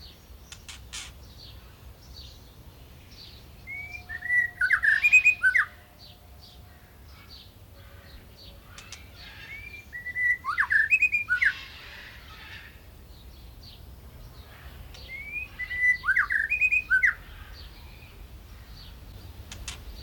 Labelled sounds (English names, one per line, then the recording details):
White-rumped Shama
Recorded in captivity
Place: Zoo Berlin, Berlin, DE
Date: 1995-07-22 18:49
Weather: heiter, 20-22°C
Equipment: Sony WM-D6C, Sennheiser ME 80, Kopie Uher 4000 Report Monitor
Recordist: Tembrock, Günter